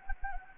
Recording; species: mosquito wingbeat signal from an infrared sensor; Anopheles gambiae